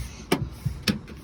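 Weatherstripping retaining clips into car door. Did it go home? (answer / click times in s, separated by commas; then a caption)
yes / 0.3 s, 0.9 s. Weatherstripping is pressed along a Toyota 4Runner car door until its retaining clips lock into the door. Two short, sharp clicks are heard at 0.3 s and 0.9 s over a low background. Each click means a clip has seated, leaving the weatherstripping locked in place.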